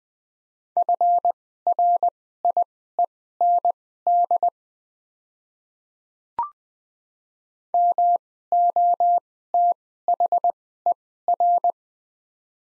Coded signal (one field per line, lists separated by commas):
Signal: Morse code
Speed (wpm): 20 wpm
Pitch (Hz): 700 Hz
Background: none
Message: FRIEND MOTHER